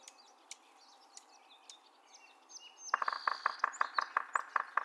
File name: Yellow-bellied Sapsucker drumming and calls